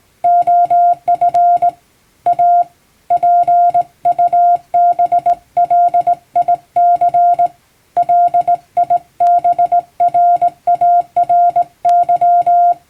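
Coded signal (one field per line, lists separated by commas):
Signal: Morse code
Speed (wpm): 19 wpm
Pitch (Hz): 700 Hz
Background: music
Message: OF A PUBLIC LIBRARY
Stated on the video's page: Hand-keyed plain-language Morse practice for amateur radio reception, sent by a first-class radiotelegraph operator using a telegram practice book.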